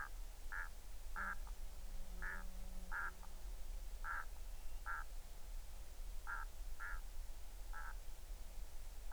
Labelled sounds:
waterfowl
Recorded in the Arctic National Wildlife Refuge, Alaska, on 20 July 2019 at 02:47
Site 38

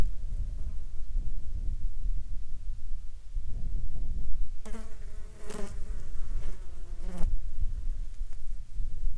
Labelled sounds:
wind
insects
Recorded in Ivvavik National Park, Yukon, on 27 June 2019 at 13:44
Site SINP03

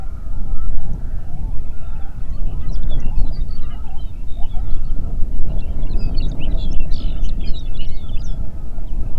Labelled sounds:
songbird
waterfowl
wind
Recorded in the Prudhoe Bay oil fields, Alaska, on 8 June 2019 at 04:17
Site 30

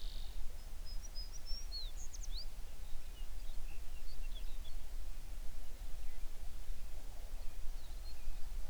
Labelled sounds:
songbird
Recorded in the Prudhoe Bay oil fields, Alaska, on 11 June 2019 at 05:00
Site 21

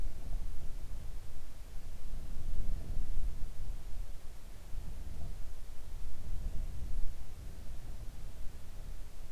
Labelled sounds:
wind
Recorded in the Arctic National Wildlife Refuge, Alaska, on 3 August 2019 at 05:12
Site 41

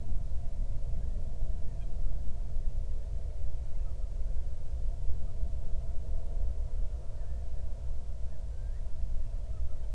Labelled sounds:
bird
wind
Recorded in the Prudhoe Bay oil fields, Alaska, on 31 July 2019 at 08:13
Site 24

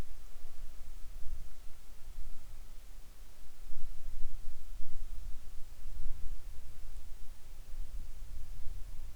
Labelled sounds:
near silence
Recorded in the Arctic National Wildlife Refuge, Alaska, on 7 July 2019 at 18:56
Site 41

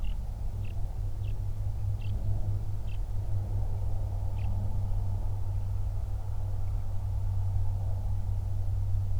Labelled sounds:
bird
flare stack
aircraft
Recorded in the Prudhoe Bay oil fields, Alaska, on 31 July 2019 at 08:43
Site 24

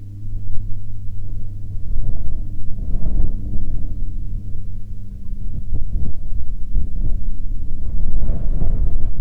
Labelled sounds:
wind
aircraft
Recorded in the Prudhoe Bay oil fields, Alaska, on 22 August 2019 at 14:51
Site 14

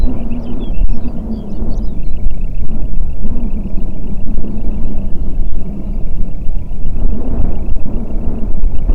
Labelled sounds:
songbird
wind
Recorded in the Prudhoe Bay oil fields, Alaska, on 8 June 2019 at 04:19
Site 30

